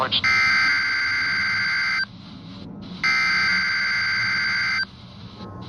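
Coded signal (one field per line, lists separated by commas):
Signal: Emergency Alert System (SAME) tones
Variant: header bursts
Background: speech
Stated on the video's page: Required Weekly Test from NOAA weather radio transmitter KHC27 on 162.425 MHz, received about 32 miles away on a RadioShack 12-254 weather radio.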